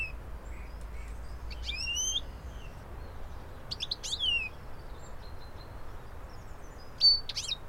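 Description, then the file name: European goldfinch giving bright liquid twitters with sliding high notes in three separate bursts, against soft constant background noise. "Carduelis carduelis"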